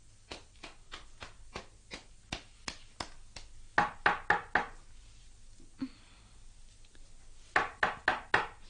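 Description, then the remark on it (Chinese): Someone knocks on a door in a steady run of sharp, hollow raps, then bangs two louder, quicker flurries of about five knocks each, with a short pause between them over a low hum; nobody answers. “咦，冇人应嘅，佢梗系喺楼上啦。”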